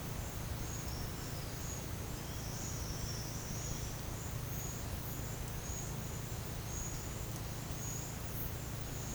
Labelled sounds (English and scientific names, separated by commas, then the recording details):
none
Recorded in pastures near Puerto Asís, Putumayo, Colombia, on 23 June 2025 at 10:00
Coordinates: 0.496, -76.326
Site GP01